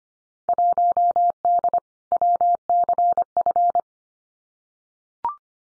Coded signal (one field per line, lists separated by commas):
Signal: Morse code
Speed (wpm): 25 wpm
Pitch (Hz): 700 Hz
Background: none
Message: 1D WCF